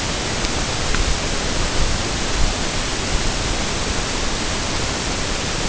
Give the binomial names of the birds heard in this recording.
none